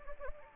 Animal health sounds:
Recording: mosquito wingbeat signal from an infrared sensor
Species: Anopheles gambiae

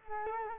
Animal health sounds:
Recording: mosquito wingbeat signal from an infrared sensor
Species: Culex quinquefasciatus

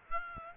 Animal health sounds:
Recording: mosquito wingbeat signal from an infrared sensor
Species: Aedes aegypti

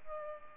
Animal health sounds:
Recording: mosquito wingbeat signal from an infrared sensor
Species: Culex pipiens

